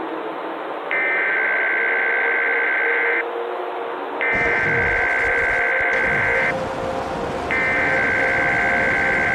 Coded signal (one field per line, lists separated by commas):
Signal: Emergency Alert System (SAME) tones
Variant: header bursts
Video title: EAS Scenario / Analog & Digital Horror - Day Zero